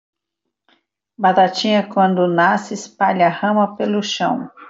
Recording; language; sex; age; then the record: short text; Brazilian Portuguese; female; 50 to 59 years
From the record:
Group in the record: control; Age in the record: 52 years